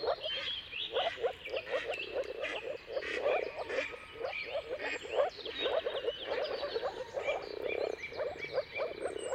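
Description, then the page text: Chorusing moor frogs, a low gurgling hum built from countless short calls in pulsing bursts, with chirping birds behind. Moor frogs in mating chorus at sunrise, at the turn of March and April depending on the weather. "Jakub-Orzecki moor frogs. Dawn’s Chorus: Mating Calls of Marsh Frogs at Sunrise. Depending on the weather at the turn of March and April, you can witness an amazing spectacle of moor frogs"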